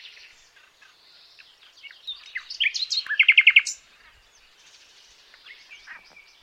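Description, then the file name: Common nightingale song: varied whistles and chirps building to a loud burst of rapid, evenly repeated notes, then quieter scattered phrases. "Luscinia megarhynchos"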